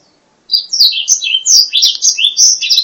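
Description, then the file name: Black-throated laughingthrush song: quick run of high, sliding whistled and chattering notes, the phrases tumbling together without pause after a short silence. "suara kicauan burung blacksang. omkicau"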